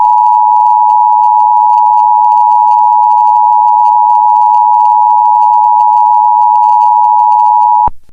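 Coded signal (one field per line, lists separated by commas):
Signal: Emergency Alert System (SAME) tones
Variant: 853 and 960 Hz attention tone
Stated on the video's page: Fictional EAS scenario story.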